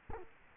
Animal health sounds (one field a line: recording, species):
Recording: mosquito wingbeat signal from an infrared sensor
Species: Culex quinquefasciatus